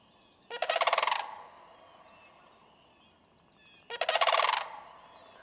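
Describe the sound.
Sandhill crane uttering two harsh, trilled rattles about three seconds apart, with a quiet high chirp near the end.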